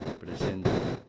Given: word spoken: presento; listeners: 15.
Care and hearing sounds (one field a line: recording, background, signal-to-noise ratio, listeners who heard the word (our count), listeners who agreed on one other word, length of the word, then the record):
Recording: one Spanish word in noise, from a listening test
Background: noise modulated by one talker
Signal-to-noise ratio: -9.6 dB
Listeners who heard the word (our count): 0 of 15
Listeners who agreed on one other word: 9 of 15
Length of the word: 0.69 s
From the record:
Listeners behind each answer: 9, 4, 1, 1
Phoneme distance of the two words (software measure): 10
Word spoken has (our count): 3 syllables, 8 phonemes, stress on syllable 2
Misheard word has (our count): 3 syllables, 8 phonemes, stress on syllable 2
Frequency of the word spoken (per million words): 2.39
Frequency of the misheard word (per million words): 158.69